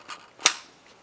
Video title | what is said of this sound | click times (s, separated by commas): The Gun I Don't Talk About.... | pivot the mag up and it locks into place | 0.5 s